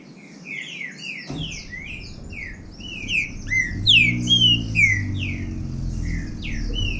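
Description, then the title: Green-winged saltator song: rich slurred whistles, with a low rumbling hum joining partway through. Bird named Nicão singing in the bush (mato), competing in song with a free-living bird. "Trinca Ferro NICÃ O No Mato Disputando Com Solto"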